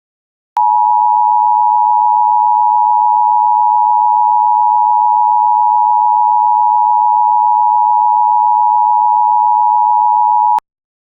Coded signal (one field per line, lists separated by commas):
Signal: Emergency Alert System (SAME) tones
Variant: 853 and 960 Hz attention tone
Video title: Emergency Alert System (UK) - The Scarlet Apocalypse (Part I)